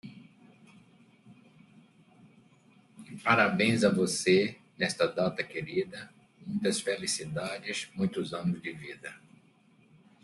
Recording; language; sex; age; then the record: short text; Brazilian Portuguese; male; 60 to 69 years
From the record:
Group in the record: control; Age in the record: 69 years